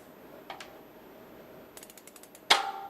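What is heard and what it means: A closed but unlocked steel missing link in a bicycle chain is pulled tight by pressing on the pedal while the rear wheel is held. Faint ticks at 0.5 and 0.6 seconds and a quick run of freewheel ratchet clicks from about 1.8 to 2.3 seconds lead to one loud, sharp snap with a brief metallic ring at 2.5 seconds. That snap is the link locking into the chain.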